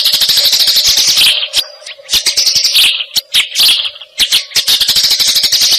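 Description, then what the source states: Eurasian tree sparrow chirps in rapid bursts, with quieter gaps between loud busy runs and a faint steady hum underneath. Masteran recording, used as a training song for fighting sparrows (gereja tarung).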